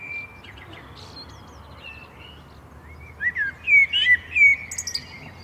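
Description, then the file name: Common blackbird song: faint whistles early on, then a louder phrase of rising and falling whistles in the second half. "Turdus merula"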